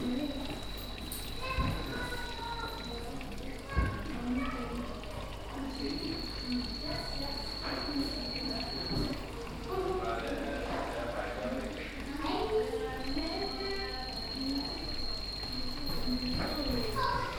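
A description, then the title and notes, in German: At a reptile park, several people talk at a steady murmur while water trickles in the background. A thin, high whine comes and goes, lasting a few seconds each time, with occasional soft knocks and clicks. Reptilpark. Oslo.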